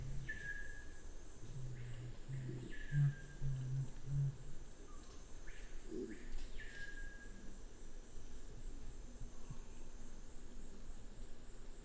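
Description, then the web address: Black curassow delivering a low humming boom and quick series of short deep notes early on, then mostly quiet forest with faint high bird calls. "sound Black-curassow. صدای-پرنده-کاکل-فری-سیاه"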